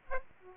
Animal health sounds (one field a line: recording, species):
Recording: mosquito wingbeat signal from an infrared sensor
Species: Aedes aegypti